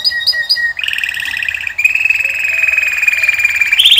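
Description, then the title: Canary singing a sustained rolling trill, starting with a few spaced chirps, then a fast buzzy warble that steadies and rises slightly at the end. Male Belgian canary singing a lot; training song intended to warm up and teach young birds. "Esquente Seu Filhote E Canario Belga. Macho Cantando Muito. canary singing. canary training song"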